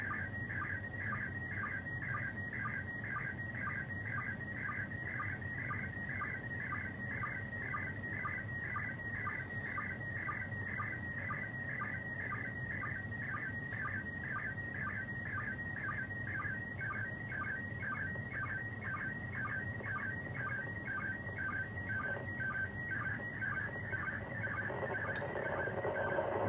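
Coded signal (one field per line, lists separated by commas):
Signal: SSTV (slow-scan television)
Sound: continuous warbling, chirping tone with a steady rhythmic tick at each line, under hiss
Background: radio static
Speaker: all those tones is basically one uh line of data hence the slow scan television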